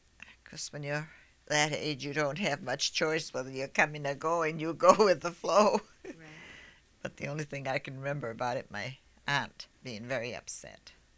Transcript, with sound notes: of course, when you're that age you don't have that much choice whether you're coming or going. You go with the flow. ( she laughs )
Right.
But the only thing I can remember about it, my aunt being very upset.